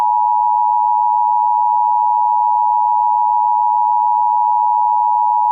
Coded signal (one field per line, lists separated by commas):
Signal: Emergency Alert System (SAME) tones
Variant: 853 and 960 Hz attention tone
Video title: Eas scenario 4. Extreme Heat